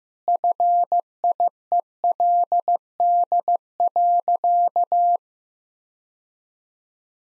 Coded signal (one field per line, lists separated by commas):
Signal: Morse code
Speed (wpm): 15 wpm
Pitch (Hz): 700 Hz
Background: none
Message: FIELD.